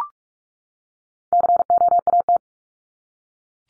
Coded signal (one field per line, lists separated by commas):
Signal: Morse code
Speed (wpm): 44 wpm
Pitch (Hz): 700 Hz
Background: none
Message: COAT